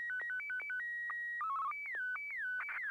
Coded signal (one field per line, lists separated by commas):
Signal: SSTV (slow-scan television)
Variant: Martin 1